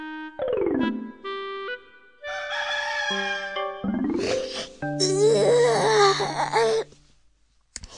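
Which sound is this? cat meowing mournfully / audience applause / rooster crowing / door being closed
rooster crowing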